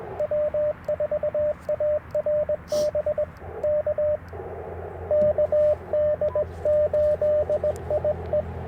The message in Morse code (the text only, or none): W4ARB K KD8IE